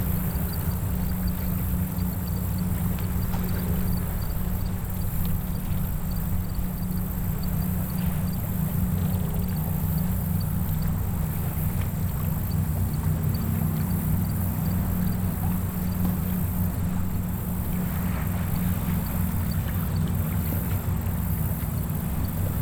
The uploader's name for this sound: A Day On The Lake